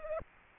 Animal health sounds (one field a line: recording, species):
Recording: mosquito wingbeat signal from an infrared sensor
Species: Culex pipiens